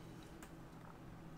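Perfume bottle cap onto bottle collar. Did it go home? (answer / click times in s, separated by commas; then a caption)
yes / 0.4 s, 0.8 s. A jeweled perfume cap is pressed onto the collar of a glass fragrance bottle, giving a sharp, bright click at 0.4 s and a smaller, shorter click at 0.9 s over a low steady background hum. The cap clicks into place and holds firmly.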